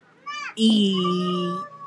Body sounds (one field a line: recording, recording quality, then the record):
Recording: sustained vowel as in beet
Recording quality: moderate, slight background noise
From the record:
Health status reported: exposed to COVID-19, no respiratory illness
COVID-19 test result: negative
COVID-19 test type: RT-PCR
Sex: female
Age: 23 years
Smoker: no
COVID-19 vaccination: both doses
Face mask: worn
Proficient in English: yes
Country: India